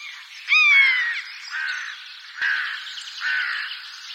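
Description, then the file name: Common buzzard giving a clear falling mew near the start, followed by several fainter cries against steady background noise. "Buse variable"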